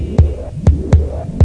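A heartbeat sound effect: deep, booming low thumps pulsing in an uneven lub-dub rhythm over a steady low hum, with no voices.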